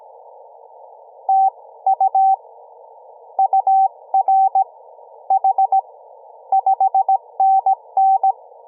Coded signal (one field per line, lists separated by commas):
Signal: Morse code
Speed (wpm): 17 wpm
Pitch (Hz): 770 Hz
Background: none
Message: TU UR H 5NN